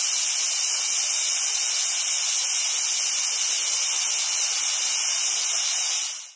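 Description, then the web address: Cicada chorus: continuous shrill, hissing drone held at an even level for several seconds before fading out abruptly at the end. "SFXSource AOS Cicadas"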